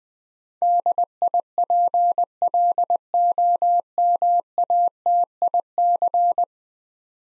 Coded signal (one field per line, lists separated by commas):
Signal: Morse code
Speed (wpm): 20 wpm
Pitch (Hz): 700 Hz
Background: none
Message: DIPLOMATIC